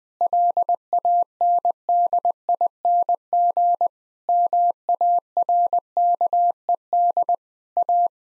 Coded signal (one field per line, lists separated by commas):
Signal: Morse code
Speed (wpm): 20 wpm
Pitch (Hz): 700 Hz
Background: none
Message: LANDING MARKED A